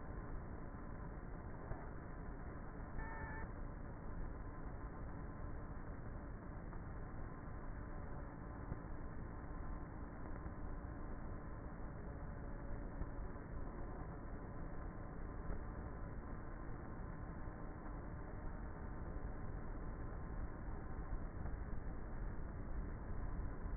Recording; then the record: honeybee colony, microphone inside the hive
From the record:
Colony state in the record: queenless with a low population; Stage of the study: before two queens were removed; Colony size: about 30,000 bees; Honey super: no